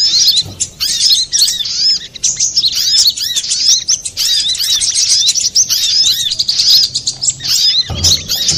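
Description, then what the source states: Little spiderhunter song, rapid high-pitched chirps and arching whistled notes pouring out almost without pause, overlapping densely, with a brief low thud near the end. Master recording used for training cage birds.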